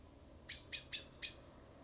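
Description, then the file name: Common blackbird with four crisp, metallic chink calls spaced evenly over about a second. "Turdus merula"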